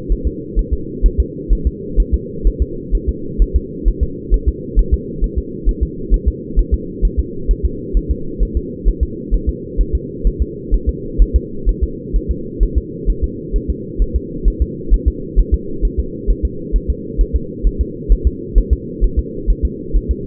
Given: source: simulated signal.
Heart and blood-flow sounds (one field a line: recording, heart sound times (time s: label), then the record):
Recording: fetal heart sounds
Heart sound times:
0.12 s: S1
0.27 s: S2
0.59 s: S1
0.74 s: S2
1.06 s: S1
1.20 s: S2
1.53 s: S1
1.67 s: S2
2.00 s: S1
2.14 s: S2
2.47 s: S1
2.62 s: S2
2.95 s: S1
3.09 s: S2
3.42 s: S1
3.56 s: S2
3.88 s: S1
4.03 s: S2
4.34 s: S1
4.49 s: S2
4.79 s: S1
4.94 s: S2
5.24 s: S1
5.38 s: S2
5.69 s: S1
5.83 s: S2
6.14 s: S1
6.28 s: S2
6.59 s: S1
6.74 s: S2
7.05 s: S1
7.19 s: S2
7.51 s: S1
7.65 s: S2
7.97 s: S1
8.11 s: S2
8.43 s: S1
8.57 s: S2
8.88 s: S1
9.03 s: S2
9.34 s: S1
9.49 s: S2
9.81 s: S1
9.95 s: S2
10.27 s: S1
10.42 s: S2
10.74 s: S1
10.89 s: S2
11.22 s: S1
11.36 s: S2
11.69 s: S1
11.84 s: S2
12.16 s: S1
12.31 s: S2
12.63 s: S1
12.78 s: S2
13.10 s: S1
13.24 s: S2
13.56 s: S1
13.70 s: S2
14.02 s: S1
14.16 s: S2
14.48 s: S1
14.62 s: S2
14.94 s: S1
15.08 s: S2
15.39 s: S1
15.54 s: S2
15.85 s: S1
16.00 s: S2
16.31 s: S1
16.45 s: S2
16.76 s: S1
16.90 s: S2
17.21 s: S1
17.36 s: S2
17.67 s: S1
17.81 s: S2
18.12 s: S1
18.27 s: S2
18.58 s: S1
18.73 s: S2
19.04 s: S1
19.19 s: S2
19.50 s: S1
19.65 s: S2
19.97 s: S1
20.11 s: S2
From the record:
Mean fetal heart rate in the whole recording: 130 bpm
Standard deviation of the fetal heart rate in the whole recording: 2 bpm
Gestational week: 36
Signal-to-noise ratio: -4.3 dB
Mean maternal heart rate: 72 bpm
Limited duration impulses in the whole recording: absent